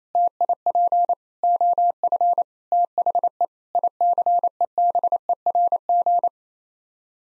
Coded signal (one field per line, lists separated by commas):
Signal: Morse code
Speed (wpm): 28 wpm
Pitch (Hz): 700 Hz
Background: none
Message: TIP OF THE ICEBERG